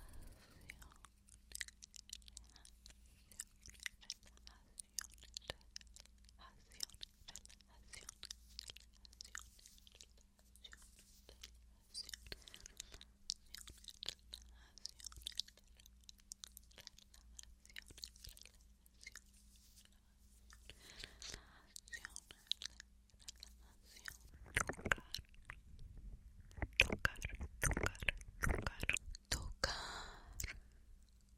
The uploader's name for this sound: Finger Flutter, Mouth Sounds, Ear TouchingTapping